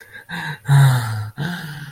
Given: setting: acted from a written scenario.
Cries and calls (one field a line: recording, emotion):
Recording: vocal sound without words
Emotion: distress